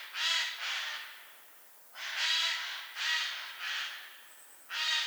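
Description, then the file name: Eurasian jay uttering loud, hoarse screeching calls in a broken series of about six rasps, with a short gap after the first two. "Garrulus glandarius"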